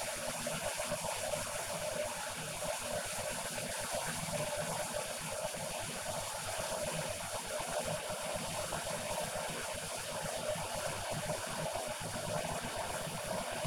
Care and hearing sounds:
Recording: household activities, microphone on the right wrist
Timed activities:
0.00-13.67 s: making tea

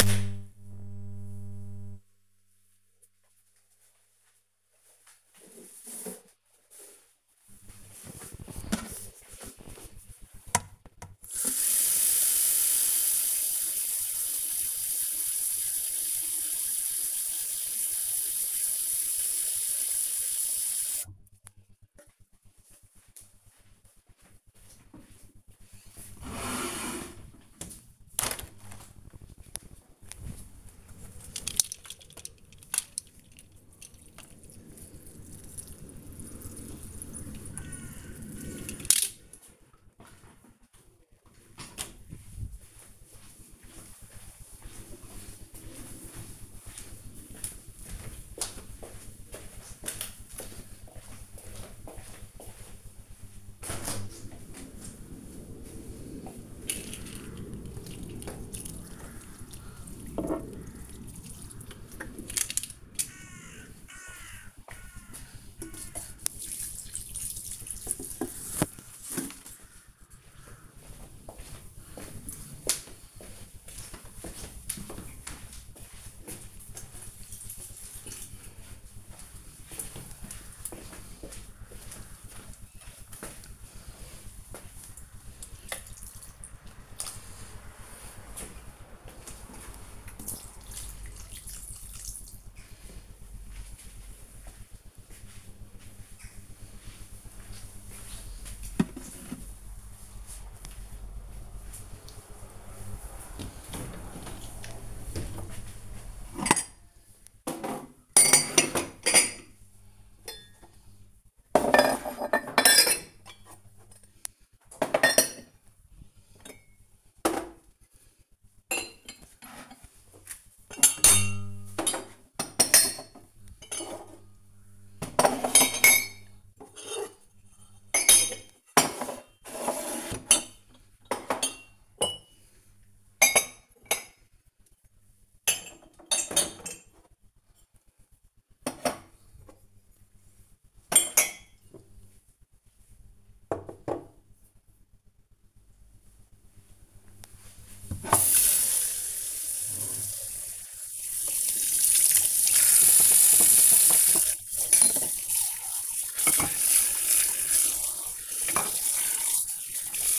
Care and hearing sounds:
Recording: household activities, microphone on the right wrist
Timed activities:
12.35-94.90 s: watering plant
104.95-143.16 s: putting away the dishes
151.20-160.18 s: washing dishes

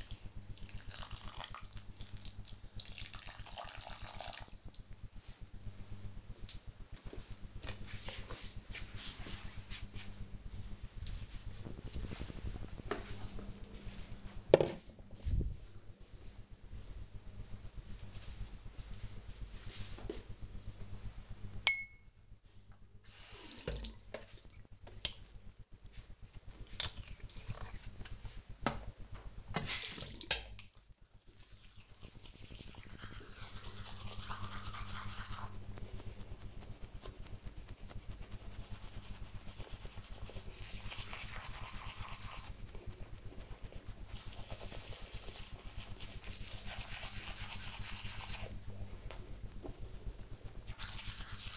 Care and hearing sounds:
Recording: household activities, microphone on the right wrist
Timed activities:
0.00-6.61 s: watering plant
20.74-51.57 s: brushing teeth

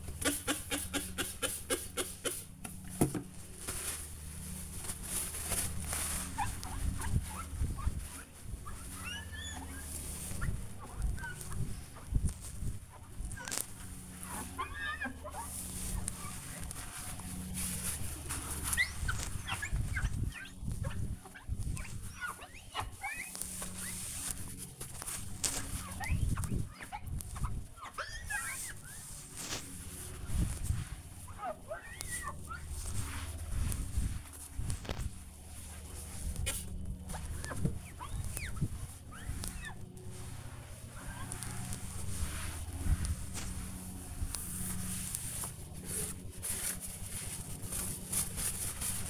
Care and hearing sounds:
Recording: household activities, microphone on the right wrist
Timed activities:
0.00-49.10 s: window cleaning

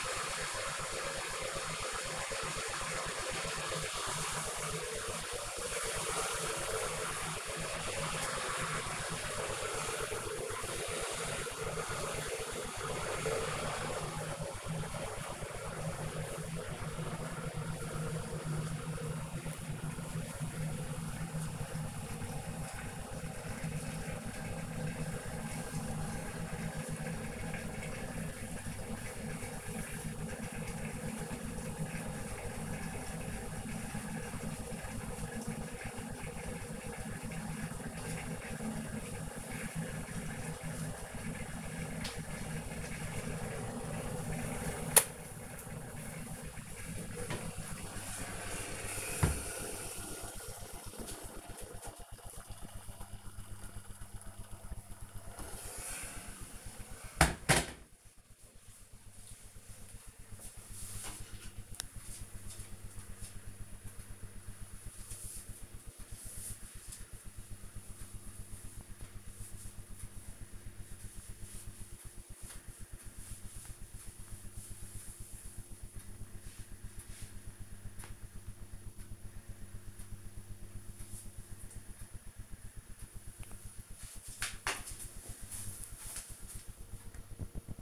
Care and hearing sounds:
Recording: household activities, microphone on the right wrist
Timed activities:
0.00-58.28 s: making tea

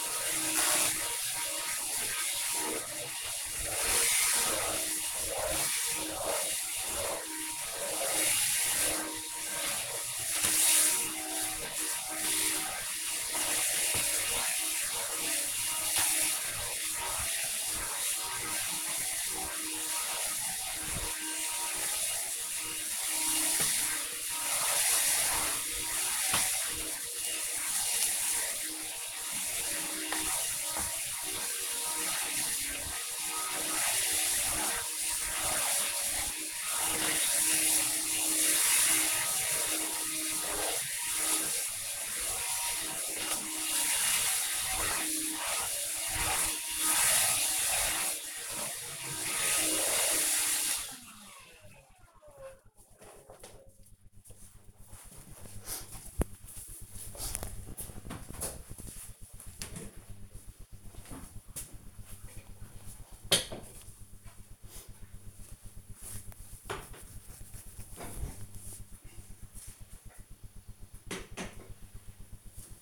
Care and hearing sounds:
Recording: household activities, microphone on the right wrist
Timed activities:
0.00-51.21 s: vacuum cleaning

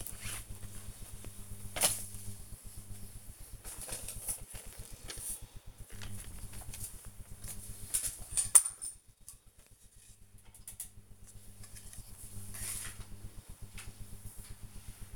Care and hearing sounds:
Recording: household activities, microphone on the right wrist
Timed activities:
0.00-1.29 s: sorting documents
8.34-15.16 s: sorting documents

